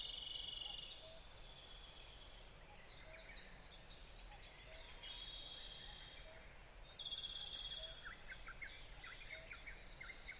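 Birds calling together in a faint chorus, with long buzzy trilling phrases and scattered short chirps, one louder buzzy trill entering near seven seconds, over constant background hiss.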